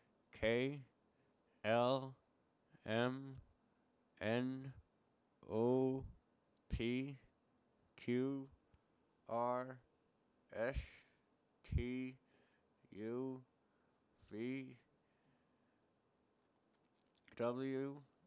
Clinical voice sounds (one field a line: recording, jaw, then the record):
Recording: letters of the alphabet, spoken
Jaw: constrained by a bite bar between the teeth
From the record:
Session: first day, right after the free take